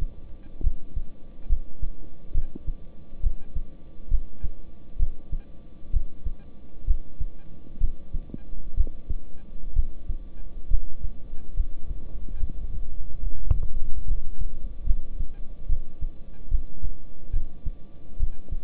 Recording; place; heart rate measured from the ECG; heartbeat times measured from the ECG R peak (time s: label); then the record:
heart sounds by stethoscope; between the tricuspid and mitral areas; 68 bpm
0.61 s: heartbeat
1.47 s: heartbeat
2.32 s: heartbeat
3.21 s: heartbeat
4.09 s: heartbeat
4.97 s: heartbeat
5.91 s: heartbeat
6.85 s: heartbeat
7.78 s: heartbeat
8.75 s: heartbeat
9.73 s: heartbeat
10.68 s: heartbeat
11.54 s: heartbeat
12.38 s: heartbeat
13.20 s: heartbeat
14.05 s: heartbeat
14.84 s: heartbeat
15.67 s: heartbeat
16.49 s: heartbeat
17.31 s: heartbeat
18.17 s: heartbeat
From the record:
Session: rest, lying down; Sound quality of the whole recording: good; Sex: male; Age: 26 years